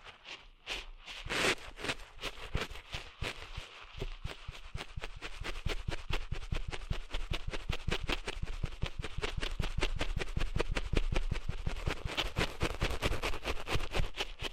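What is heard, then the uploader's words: Sand being cleaned out of an ear makes a dry, gritty scratching. It starts with a few separate crackles and scrapes, then from about four seconds settles into fast, steady strokes that keep going to the end, with a faint low rumble underneath. ASMR Cleaning Sand Out of Your Ears (No Talking).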